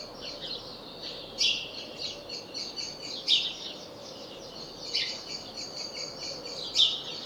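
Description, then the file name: House sparrow chirping, busy overlapping chatter punctuated by louder sharp chirps every one to two seconds, with a low steady hiss behind. "Passer domesticus"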